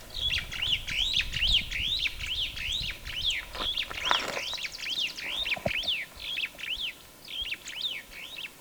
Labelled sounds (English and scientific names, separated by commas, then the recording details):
Superb Starling (Lamprotornis superbus) flight call
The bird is a male
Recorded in Kenya on 9 April 2009 at 09:21
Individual 62, of group MRCV